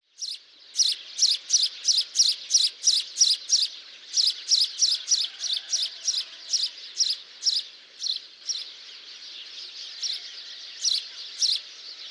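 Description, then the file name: House sparrow calling: a fast series of bright, repeated chirps about three per second, slowing and thinning out toward the end, with constant high hiss behind. "Passer domesticus"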